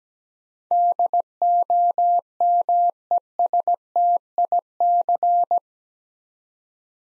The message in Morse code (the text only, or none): DOMESTIC